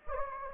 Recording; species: mosquito wingbeat signal from an infrared sensor; Anopheles gambiae